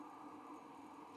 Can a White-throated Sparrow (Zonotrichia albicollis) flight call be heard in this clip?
no